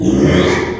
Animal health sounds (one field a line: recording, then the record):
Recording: squeal of a Yucatan mini pig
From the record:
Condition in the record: after surgery on the right vocal fold (resection and tissue-engineered implant)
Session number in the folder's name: 3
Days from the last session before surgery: 33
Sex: male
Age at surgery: 12 weeks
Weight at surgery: 13 kg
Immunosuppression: cyclosporine, prednisolone